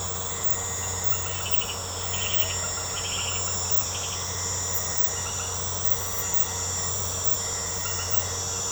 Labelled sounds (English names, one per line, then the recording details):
none
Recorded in secondary vegetation near Puerto Asís, Putumayo, Colombia, on 19 March 2025 at 21:30
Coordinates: 0.468, -76.324
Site G059